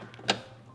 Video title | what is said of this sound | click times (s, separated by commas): Giving the ISF a sexy new look with Vland LED Tail Lights! Lexus IS250 IS350 ISF | even has a brand new clip right here for it to snap right into place and then just reinstall the three nuts now | 0.3 s